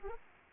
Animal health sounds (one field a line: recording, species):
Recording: mosquito wingbeat signal from an infrared sensor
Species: Anopheles arabiensis